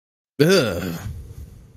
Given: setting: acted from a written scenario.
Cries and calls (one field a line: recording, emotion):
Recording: vocal sound without words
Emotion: disgust